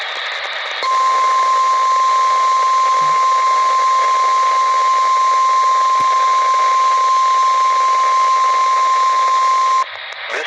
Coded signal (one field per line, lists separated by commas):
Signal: Emergency Alert System (SAME) tones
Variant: 1050 Hz attention tone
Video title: EAS: WXL40 Weekly Test (4/15/20)(EAS #314) with TFT Relay